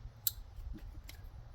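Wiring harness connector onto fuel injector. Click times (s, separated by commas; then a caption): 0.3 s. A plastic wiring harness electrical connector is pushed onto a fuel injector on a Hyundai engine as the harness is reinstalled. One sharp, bright click at 0.3 s shows it is seated, followed by a fainter tick at about 1.1 s over low background rumble.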